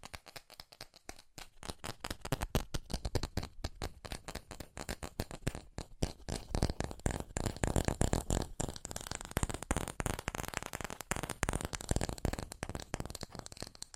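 Fast ASMR tapping: rapid, crisp clicks in quick irregular bursts, sparse with brief pauses at first. From about six seconds the taps grow denser and louder, almost a continuous rattle, like shuffled cards, then ease slightly near the end.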